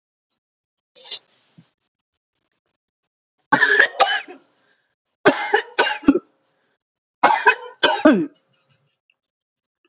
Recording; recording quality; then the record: heavy voluntary cough; excellent, no background noise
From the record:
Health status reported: COVID-19 positive, mild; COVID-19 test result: positive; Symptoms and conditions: cough, breathing difficulty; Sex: female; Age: 60 years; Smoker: not ticked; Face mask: not worn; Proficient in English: yes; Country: India